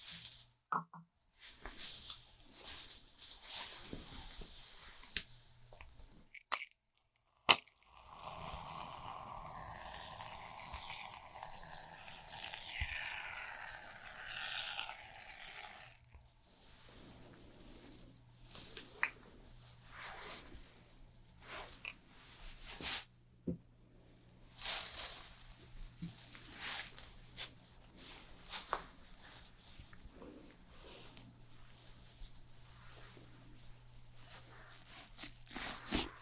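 Haircut and shaving sounds: soft scraping and snipping, a loud steady buzz from about 8 to 16 seconds, sharp clicks, a low hum throughout.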